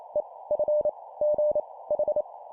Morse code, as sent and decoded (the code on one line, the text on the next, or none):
. / ..-. / --. / ....
E F G H